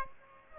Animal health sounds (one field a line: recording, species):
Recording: mosquito wingbeat signal from an infrared sensor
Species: Aedes aegypti